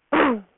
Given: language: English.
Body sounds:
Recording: throat vibration sensor signal played as sound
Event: throat clearing

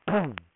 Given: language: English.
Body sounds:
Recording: throat vibration sensor signal played as sound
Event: throat clearing

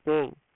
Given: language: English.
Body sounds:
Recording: throat vibration sensor signal played as sound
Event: speech

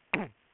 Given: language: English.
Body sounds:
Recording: throat vibration sensor signal played as sound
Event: throat clearing

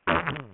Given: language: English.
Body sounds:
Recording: throat vibration sensor signal played as sound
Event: throat clearing

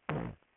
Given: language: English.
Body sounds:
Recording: throat vibration sensor signal played as sound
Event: throat clearing

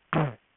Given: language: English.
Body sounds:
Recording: throat vibration sensor signal played as sound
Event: throat clearing

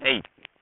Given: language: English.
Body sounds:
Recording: throat vibration sensor signal played as sound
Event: speech

